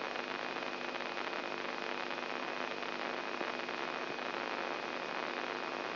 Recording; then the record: brain microelectrode recording played as sound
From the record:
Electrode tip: inside the subthalamic nucleus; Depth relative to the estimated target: 2.5 mm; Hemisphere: left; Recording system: AlphaMap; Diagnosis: Parkinson's disease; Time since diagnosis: 11 years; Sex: male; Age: 67 years